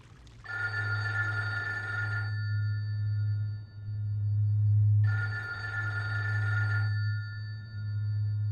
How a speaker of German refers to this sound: geht ja schon wieder keiner ran. Ach, Telefon.